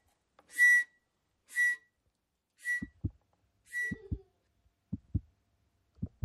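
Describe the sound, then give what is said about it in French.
Four short, breathy flute notes at a steady pitch, evenly spaced about a second apart, then a run of soft low double thumps like a heartbeat. No one speaks. “J'aime bien le son de la flûte.”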